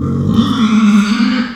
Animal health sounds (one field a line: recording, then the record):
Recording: squeal of a Yucatan mini pig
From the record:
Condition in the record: after surgery on the right vocal fold (resection and tissue-engineered implant)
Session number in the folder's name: 14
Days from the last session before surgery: 133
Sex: female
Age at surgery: 19 weeks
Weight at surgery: 25 kg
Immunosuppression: prednisolone